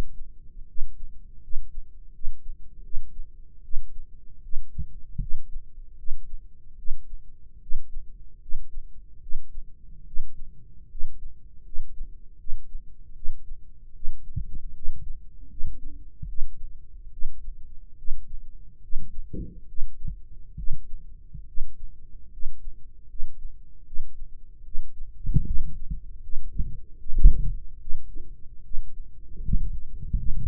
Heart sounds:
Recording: heart sounds by microphone in the right ear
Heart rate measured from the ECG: 75 bpm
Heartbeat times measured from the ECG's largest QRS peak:
0.66 s: heartbeat
1.40 s: heartbeat
2.12 s: heartbeat
2.82 s: heartbeat
3.62 s: heartbeat
4.41 s: heartbeat
5.19 s: heartbeat
5.96 s: heartbeat
6.76 s: heartbeat
7.59 s: heartbeat
8.39 s: heartbeat
9.20 s: heartbeat
10.04 s: heartbeat
10.88 s: heartbeat
11.63 s: heartbeat
12.37 s: heartbeat
13.13 s: heartbeat
13.93 s: heartbeat
14.73 s: heartbeat
15.48 s: heartbeat
16.26 s: heartbeat
17.10 s: heartbeat
17.96 s: heartbeat
18.80 s: heartbeat
19.66 s: heartbeat
20.55 s: heartbeat
21.45 s: heartbeat
22.30 s: heartbeat
23.07 s: heartbeat
23.84 s: heartbeat
24.63 s: heartbeat
25.44 s: heartbeat
26.20 s: heartbeat
26.97 s: heartbeat
27.78 s: heartbeat
28.62 s: heartbeat
29.41 s: heartbeat
30.16 s: heartbeat
From the record:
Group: healthy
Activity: rest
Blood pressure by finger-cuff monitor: 136/75 mmHg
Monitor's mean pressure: 97 mmHg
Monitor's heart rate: 76 bpm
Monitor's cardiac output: 7.3 L/min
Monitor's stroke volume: 96 mL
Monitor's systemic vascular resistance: 1000 dyn s/cm5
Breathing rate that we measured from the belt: 17 breaths a minute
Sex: male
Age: 21 years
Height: 180 cm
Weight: 67.5 kg

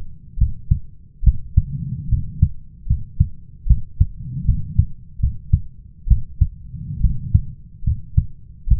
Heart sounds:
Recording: heart sounds by stethoscope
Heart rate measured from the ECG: 72 bpm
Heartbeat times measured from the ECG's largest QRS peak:
0.38 s: heartbeat
1.23 s: heartbeat
2.09 s: heartbeat
2.87 s: heartbeat
3.67 s: heartbeat
4.45 s: heartbeat
5.20 s: heartbeat
6.07 s: heartbeat
7.01 s: heartbeat
7.84 s: heartbeat
8.68 s: heartbeat
From the record:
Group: healthy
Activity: rest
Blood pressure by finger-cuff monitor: 117/86 mmHg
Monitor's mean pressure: 94 mmHg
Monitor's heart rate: 74 bpm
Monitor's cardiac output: 5.4 L/min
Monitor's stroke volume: 72 mL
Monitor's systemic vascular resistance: 1290 dyn s/cm5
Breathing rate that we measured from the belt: 24 breaths a minute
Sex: male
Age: 21 years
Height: 170 cm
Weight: 71 kg

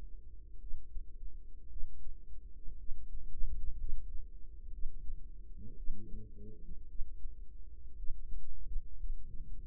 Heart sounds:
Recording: heart sounds by microphone in the right ear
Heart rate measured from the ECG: 57 bpm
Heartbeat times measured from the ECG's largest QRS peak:
0.58 s: heartbeat
1.68 s: heartbeat
2.76 s: heartbeat
3.77 s: heartbeat
4.70 s: heartbeat
5.75 s: heartbeat
6.86 s: heartbeat
7.95 s: heartbeat
8.96 s: heartbeat
From the record:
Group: healthy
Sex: female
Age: 36 years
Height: 163 cm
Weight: 88 kg

